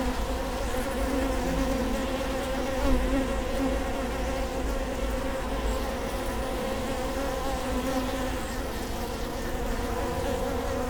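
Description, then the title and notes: Honey bees buzzing in a thick, unbroken drone, the low hum swelling slightly near the three-second mark. Bee hive at Prinzessinnengarten, Hermannstraße, Berlin, Germany; recorded with Sony PCM D50 and Primo EM172. "Prinzessinnengarten II, Hermannstraße, Berlin, Deutschland - bee hive. bee hive at Prinzessinnengarten (Sony PCM D50, Primo EM172)"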